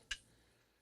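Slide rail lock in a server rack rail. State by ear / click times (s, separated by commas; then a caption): seated / 0.1 s. A server rack slide rail is pulled out, and its lock engages in the extended position with a single sharp click at 0.1 s. The rail locks in place, with only faint quiet noise after the click.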